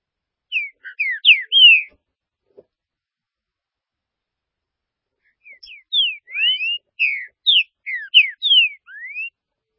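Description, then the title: Green-winged saltator song in two bursts of clear, slurred whistles, a short phrase then a longer one after a few seconds of silence. "Trinca Ferro"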